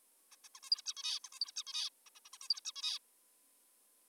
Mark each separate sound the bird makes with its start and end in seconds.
0.32-0.36, 0.44-0.48, 0.55-0.60, 0.63-0.70, 0.71-0.82, 0.86-0.94, 0.97-1.20, 1.24-1.29, 1.32-1.39, 1.41-1.52, 1.56-1.63, 1.67-1.89, 2.06-2.10, 2.16-2.20, 2.26-2.29, 2.34-2.38, 2.42-2.48, 2.50-2.60, 2.65-2.72, 2.76-2.99